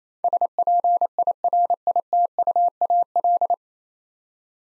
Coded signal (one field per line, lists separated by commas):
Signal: Morse code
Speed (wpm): 27 wpm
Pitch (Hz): 700 Hz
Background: none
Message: SPIRITUAL